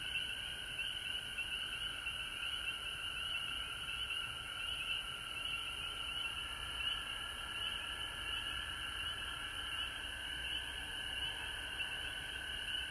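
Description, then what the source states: Frogs sing in a continuous shrill chorus, layered trills holding steady throughout, over soft low noise. Frogs recorded at home in Georgia on March 19, 2020.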